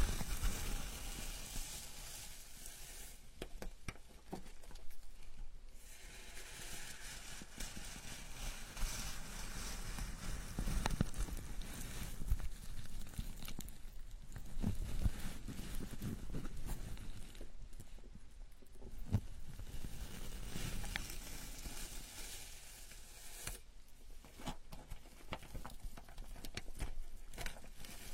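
A scalp massage with a steady, soft rustling and scratching of fingers through hair, continuous, swelling and easing every few seconds.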